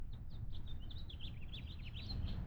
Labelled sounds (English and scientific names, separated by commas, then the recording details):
House Finch (Haemorhous mexicanus) song
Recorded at Valley Stream on Long Island, New York, on 17 June 1975
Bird AC